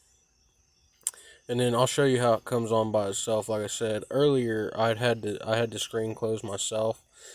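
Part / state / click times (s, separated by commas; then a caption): retractable display screen into car stereo head unit / seated / 1.1 s. The fold-out retractable display screen of a single-DIN car stereo head unit is pushed closed by hand when getting out of the car, and it snaps into the unit with a sharp click at 1.1 s, seated. Someone then talks for the rest of the clip.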